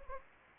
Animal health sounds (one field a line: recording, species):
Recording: mosquito wingbeat signal from an infrared sensor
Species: Anopheles gambiae